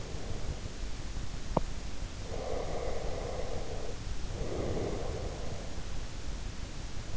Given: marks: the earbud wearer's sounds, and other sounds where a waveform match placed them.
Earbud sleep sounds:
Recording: sounds in sleep by an in-ear microphone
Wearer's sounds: breath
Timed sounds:
2.24-5.88 s: breath

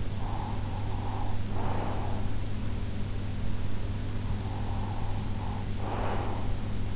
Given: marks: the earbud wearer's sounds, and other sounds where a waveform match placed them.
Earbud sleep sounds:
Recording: sounds in sleep by an in-ear microphone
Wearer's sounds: breath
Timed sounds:
0.14-2.54 s: breath
4.11-6.96 s: breath

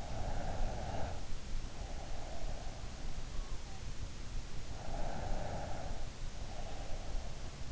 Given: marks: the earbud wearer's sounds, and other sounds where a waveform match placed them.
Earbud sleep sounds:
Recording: sounds in sleep by an in-ear microphone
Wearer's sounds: breath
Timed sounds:
0.00-2.86 s: breath
4.59-7.35 s: breath

